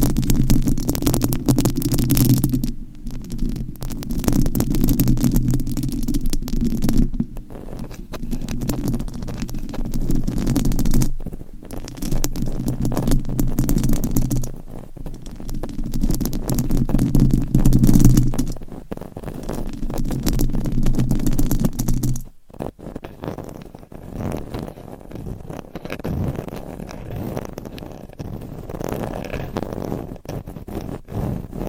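Scratching on a microphone makes a dense, rough rumble that comes in long strokes, heavy and low, broken by short near-silent gaps around 3, 7, 11, 15 and 22 seconds. After the last gap the scraping turns lighter, thinner and more crackly until the end.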